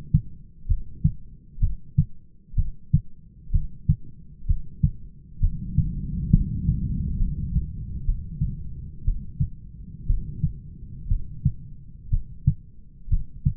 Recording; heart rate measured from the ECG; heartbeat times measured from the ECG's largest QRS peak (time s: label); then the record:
heart sounds by stethoscope; 63 bpm
0.69 s: heartbeat
1.62 s: heartbeat
2.57 s: heartbeat
3.53 s: heartbeat
4.48 s: heartbeat
5.42 s: heartbeat
6.33 s: heartbeat
7.20 s: heartbeat
8.07 s: heartbeat
9.06 s: heartbeat
10.08 s: heartbeat
11.10 s: heartbeat
12.12 s: heartbeat
13.11 s: heartbeat
From the record:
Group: heart failure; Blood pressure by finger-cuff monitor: 134/94 mmHg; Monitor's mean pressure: 107 mmHg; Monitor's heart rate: 63 bpm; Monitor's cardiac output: 5.9 L/min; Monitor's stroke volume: 91 mL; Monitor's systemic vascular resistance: 1390 dyn s/cm5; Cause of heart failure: idiopathic cardiomyopathy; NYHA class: 1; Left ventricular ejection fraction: 50%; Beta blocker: bisoprolol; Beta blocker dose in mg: 5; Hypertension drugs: candesartan, spironolactone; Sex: male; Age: 54 years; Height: 180 cm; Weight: 94.6 kg